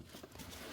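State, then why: Not seated. A plastic turbo boost pipe on a Skoda Superb is being handled as its lower end is pushed onto its intake connection fitting, with retaining clips meant to lock. Only faint low rustling and handling noise is heard over the 0.8 seconds, with no distinct click. Nothing has seated or clicked yet.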